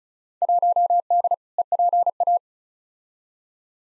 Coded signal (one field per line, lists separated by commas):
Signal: Morse code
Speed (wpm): 36 wpm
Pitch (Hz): 700 Hz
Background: none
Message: 1D EPA